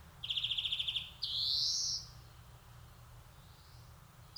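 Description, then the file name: European greenfinch calls: a rapid dry trill of about a dozen notes, followed by a long, rising wheeze. A faint low rumble runs underneath. "Chloris chloris"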